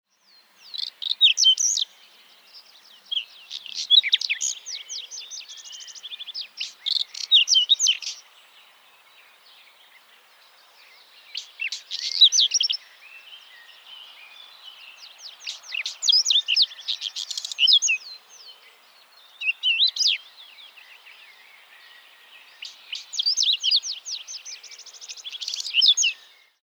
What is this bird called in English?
Whinchat